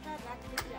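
A small click switch on the folding table extension latch at the kitchen counter of a Knaus Boxlife 600 (roadsurfer Couple Cottage) is pressed once so the folding work surface can fold back down. A short, sharp click sounds at 0.6 s over a steady background of music. The latch releases and the table goes down.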